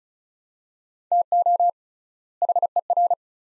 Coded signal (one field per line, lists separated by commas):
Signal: Morse code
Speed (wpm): 36 wpm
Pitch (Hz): 700 Hz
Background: none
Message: TO HER